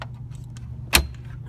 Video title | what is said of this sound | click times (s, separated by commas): 2003 Ford F-150 radio replacement with double din | push the radio back in there and you're going to hear it snap there | 0.9 s